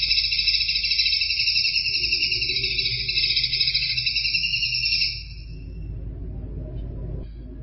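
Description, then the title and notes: Greater green leafbird giving a long, unbroken stream of fast, buzzy chatter that stops after about five seconds, leaving low background hum. Described as a champion (juara) songbird. "Kicau Burung Cucak Ijo Juara. Suara kicauan burung cucak ijo"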